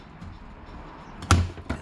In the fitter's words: Yep, it clicked in.